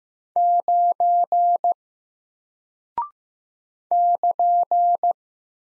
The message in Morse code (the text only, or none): 9 <KN>